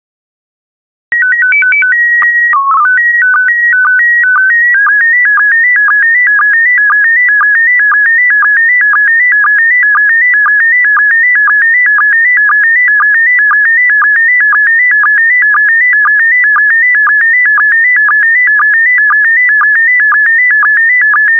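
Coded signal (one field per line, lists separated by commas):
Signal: SSTV (slow-scan television)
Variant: PD120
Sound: short header tones, then a steady warbling stepping tone with regular short low clicks twice a second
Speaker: Five, four, three, two, one. Transmission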